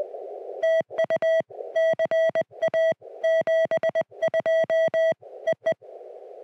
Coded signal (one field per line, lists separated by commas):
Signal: Morse code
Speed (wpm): 23 wpm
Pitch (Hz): 650 Hz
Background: music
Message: TU CA 72 EE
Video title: The New CFT-1 Field Radio: SOTA Activation and Hands-on Impressions